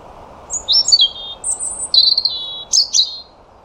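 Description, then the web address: European robin song with high thin whistles alternating with lower sweet warbled phrases and abrupt sharp notes, soft hiss behind. "Deverinetal 2025 File origin Bird Only Er Ru"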